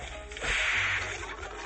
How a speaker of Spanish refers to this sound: Sí, pará que te hago tiempo, así vos puedes sacar tu aplicación de látigo.